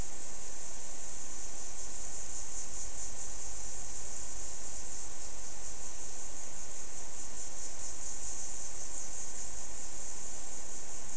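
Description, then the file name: Insects chirring in a steady high drone over low background rumble. "mainly insect"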